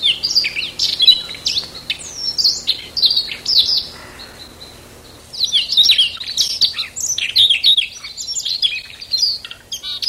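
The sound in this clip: Siberian rubythroat song: varied, rapid warbling phrases of high twittering and scratchy notes, broken by a short pause midway, then resuming in quick bursts.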